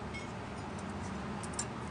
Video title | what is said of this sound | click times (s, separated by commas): Caliper and rotors change | So the part with the wings goes on the top. So it's going to snap right in. | 1.6 s